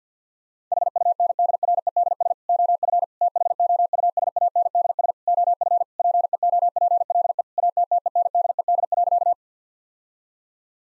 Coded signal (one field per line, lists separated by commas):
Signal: Morse code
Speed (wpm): 50 wpm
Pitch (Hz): 700 Hz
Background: none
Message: HUNDREDS OF THOUSANDS OF PEOPLE ATTENDED.